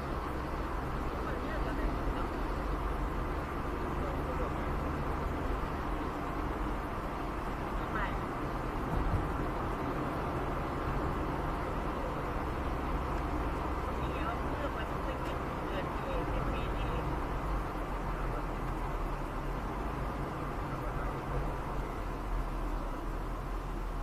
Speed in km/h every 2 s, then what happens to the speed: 71, 69, 67, 67, 67, 66, 65, 64, 64, 64, 67, 68.
0-24 steady at about 67.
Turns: none.